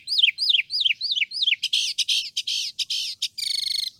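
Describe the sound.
Northern mockingbird song: a run of repeated downslurred whistled notes, then a burst of harsh buzzy phrases and a rapid rattling trill, all high-pitched and clean.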